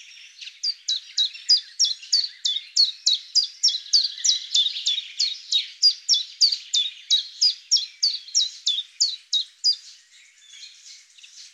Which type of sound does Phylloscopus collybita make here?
song